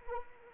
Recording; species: mosquito wingbeat signal from an infrared sensor; Anopheles arabiensis